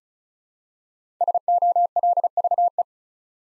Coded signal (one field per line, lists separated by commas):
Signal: Morse code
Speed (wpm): 36 wpm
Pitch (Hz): 700 Hz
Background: none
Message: SOLVE